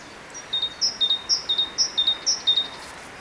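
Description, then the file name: Great tit song, a clear two-note phrase of high then lower whistle repeated rapidly about twice a second in a steady series. "Parus major"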